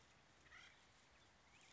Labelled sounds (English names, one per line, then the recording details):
Acorn Woodpecker
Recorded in Sonoma County, California